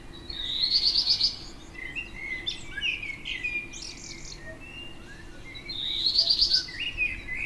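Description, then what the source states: Black redstart giving two song phrases about five seconds apart, each opening with a high rattling trill and ending in scratchy, crackling notes. At Spiegelau in the Bavarian Forest on 26 May 2013.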